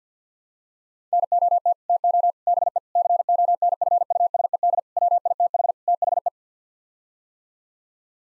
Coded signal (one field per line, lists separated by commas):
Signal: Morse code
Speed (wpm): 48 wpm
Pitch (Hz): 700 Hz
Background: none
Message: NOT TO BE CONFUSED WITH THE